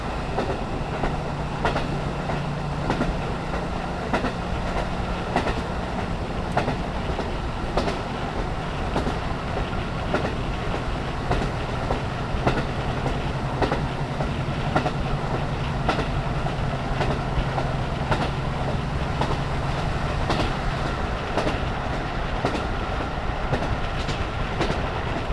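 A KiHa 54 diesel railcar on the Hanasaki Line rumbles steadily past an open window, rail joints clacking repeatedly over a low engine drone.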